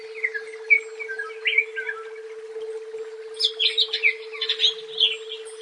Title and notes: Cucak Ijo